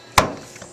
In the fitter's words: okay there's your click